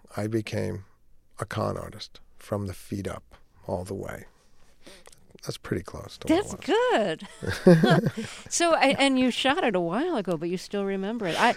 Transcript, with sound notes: I became a con artist from the feet up, all the way. That's pretty close to what...
That's good.
(LAUGHTER)
So - and you shot it a while ago, but you still remember it.